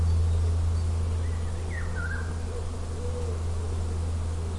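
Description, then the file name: Eurasian golden oriole song, one short fluty whistled phrase that slides downward, heard over a steady low droning hum that runs throughout. Song; Europe. "Pirol Gesang Voegel in Europa"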